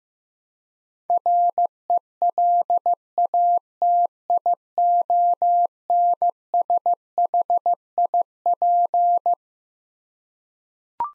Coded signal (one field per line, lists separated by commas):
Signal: Morse code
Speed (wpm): 15 wpm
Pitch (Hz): 700 Hz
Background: none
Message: RELATIONSHIP